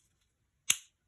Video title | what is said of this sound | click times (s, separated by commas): Top 20 Board Game Components (10-1) SideGameLLC | that satisfying click | 0.7 s